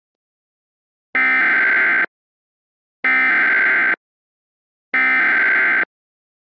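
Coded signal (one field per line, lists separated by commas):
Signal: Emergency Alert System (SAME) tones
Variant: header bursts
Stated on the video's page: Fictional Hawaii hurricane scenario with simulated alerts modelled on real alerts from past tropical cyclones.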